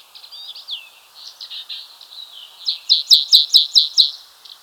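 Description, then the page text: White-capped bunting singing, soft varied twittering that builds into a loud series of six sharp repeated notes near the end. "White-Capped Bunting Song. Quick Sounds"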